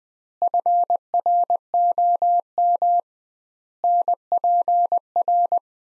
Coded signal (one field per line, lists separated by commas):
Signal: Morse code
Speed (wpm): 21 wpm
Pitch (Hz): 700 Hz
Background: none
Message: FROM NPR